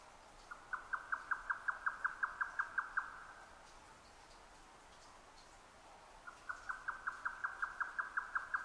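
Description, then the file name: Grey nightjar song, a steady train of hard knocking notes repeated quickly for about three seconds, pausing, then starting again. Recorded 12 June 2009 at 22:41. "yotaka-20090612-2241"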